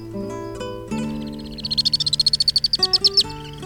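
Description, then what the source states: Alpine Swift twittering: a fast, shrill trill of many rapid notes, heard over steady instrumental music. Played back in a radio programme; described as twittering.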